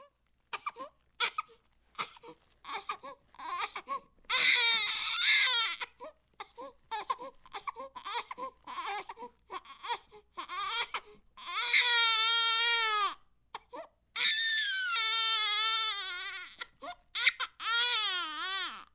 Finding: Newborn Baby Crying.